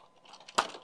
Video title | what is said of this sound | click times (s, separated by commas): XK X420 420mm 3D6G VTOL EPP RC Airplane RTF Review | that forward until it just clicks into place | 0.6 s